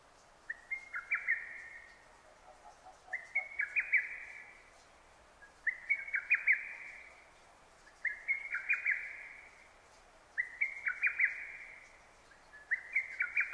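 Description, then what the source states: Lesser cuckoo singing a series of hurried, emphatic whistled phrases, six in all, evenly spaced; a faint lower twitter appears once. Recorded 6 June 2009.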